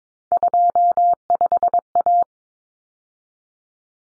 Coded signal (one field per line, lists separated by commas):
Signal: Morse code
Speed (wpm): 22 wpm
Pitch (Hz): 700 Hz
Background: none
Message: 25A